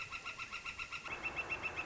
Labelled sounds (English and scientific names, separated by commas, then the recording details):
Northern Flicker (Colaptes auratus)
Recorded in Sonoma County, California